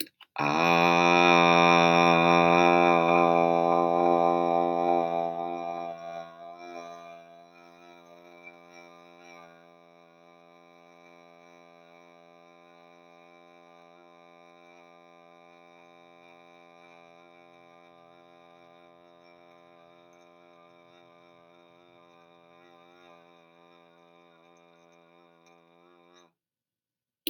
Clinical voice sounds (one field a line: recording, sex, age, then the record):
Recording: vowel held as long as possible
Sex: male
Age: 30 to 39 years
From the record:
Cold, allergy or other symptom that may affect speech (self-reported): no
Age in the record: 36 years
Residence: Kentucky, United States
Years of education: 20